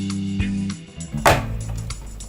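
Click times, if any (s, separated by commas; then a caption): 1.9 s. While building a scale model ship kit, a small plastic or metal part is glued and tightened into the model's frame over soft background music. It snaps in with a sharp, short click at 1.9 s, and the part is seated.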